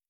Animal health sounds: hydrophone in a shrimp aquaculture tank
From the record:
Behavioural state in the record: starved

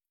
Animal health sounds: hydrophone in a shrimp aquaculture tank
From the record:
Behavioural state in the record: feeding

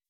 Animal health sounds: hydrophone in a shrimp aquaculture tank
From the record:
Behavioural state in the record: weakened

